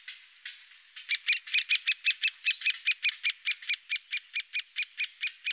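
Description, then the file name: Great spotted woodpecker calling with a quick run of sharp, ringing notes, faint at first and then steady and clear. "picchio rosso maggiore"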